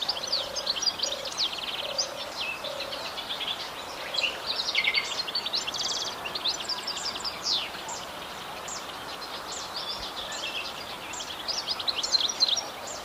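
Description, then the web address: European goldfinch twittering song, quick bright chirps and trills in irregular runs, against constant outdoor noise. "Jilguero europeo"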